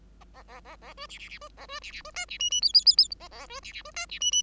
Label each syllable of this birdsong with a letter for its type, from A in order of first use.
A A A A B C C C B A B C C B D C E E F F F F A A B C C B D C E E